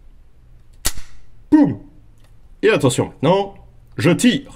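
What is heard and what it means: On a Pieper-Bayard Mle 1909 semi-auto pistol in .22 LR, a cartridge is placed in the open action and the small release lever is pressed. The breech block closes on the chamber with one sharp metallic snap at 0.9 s, and the cartridge is seated. Someone talks afterward.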